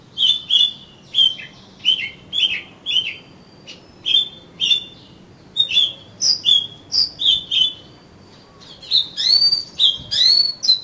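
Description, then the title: Oriental magpie-robin giving a lively song of repeated whistled notes and downslurs, a short pause, then a denser burst of varied phrases. "Kacer Kacer"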